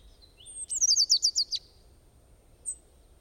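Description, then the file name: Bird song: a rapid trill of several high, sharp repeated notes after a brief lead-in, then a single faint chirp. "Bird Singing Sound Effect"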